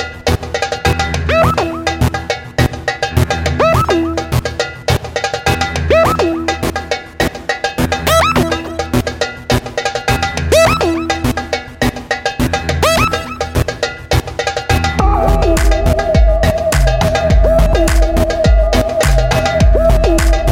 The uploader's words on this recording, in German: Aufsteigende Raketen.